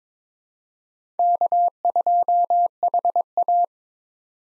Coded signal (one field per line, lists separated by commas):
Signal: Morse code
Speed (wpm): 22 wpm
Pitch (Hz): 700 Hz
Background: none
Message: K2HA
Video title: 2023 POTA Hunter Call Signs - 22wpm